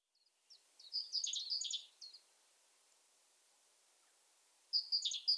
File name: Parus major